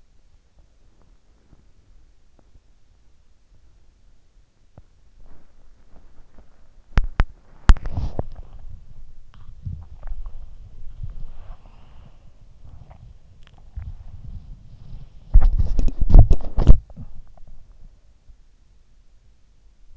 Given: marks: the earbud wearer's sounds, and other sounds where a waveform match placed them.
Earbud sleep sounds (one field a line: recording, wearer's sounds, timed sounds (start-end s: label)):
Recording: sounds in sleep by an in-ear microphone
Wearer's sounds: body movement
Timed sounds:
0.00-2.90 s: body movement
4.32-19.97 s: body movement